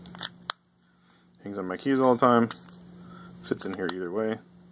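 A small keychain knife is handled at its keychain sheath, with a few faint ticks and one sharp tap in the first half-second. After that, someone talks over a steady low hum. Nothing has seated or clicked yet.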